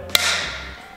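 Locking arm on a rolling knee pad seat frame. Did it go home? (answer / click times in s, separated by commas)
yes / 0.2 s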